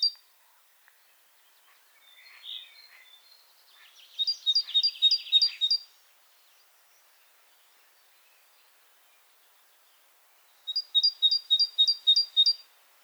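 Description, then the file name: Great tit song: a soft chirp, then a quick run of high paired notes, a long silence, and a second similar series. "Parus major"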